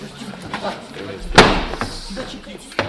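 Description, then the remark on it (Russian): Wooden crates are wrenched apart, with a loud sharp crack of wood near the middle and a few lighter knocks and thuds around it, over faint background voices. “Разбирай ящики, живо.”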